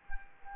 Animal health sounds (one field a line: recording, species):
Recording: mosquito wingbeat signal from an infrared sensor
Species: Culex quinquefasciatus